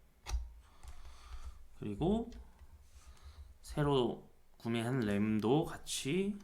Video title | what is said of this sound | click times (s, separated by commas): 오래된 노트북 업그레이드 하기 / 분해 및 조립 / SONY VAIO / E-Series / SVE15128CKW | 넣어주면 됩니다 딸깍 소리가 아실 거구요 | 0.3 s